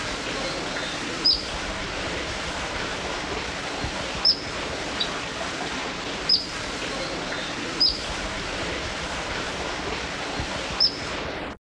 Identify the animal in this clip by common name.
Blue-breasted Bee-eater